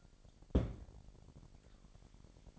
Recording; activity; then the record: daily activity, microphone in the room; place on stove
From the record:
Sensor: 5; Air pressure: 1012.2 hPa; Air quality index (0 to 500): 237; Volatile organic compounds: 4 ppm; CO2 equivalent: 1577 ppm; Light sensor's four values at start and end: 45/102/43/46 and 45/103/43/46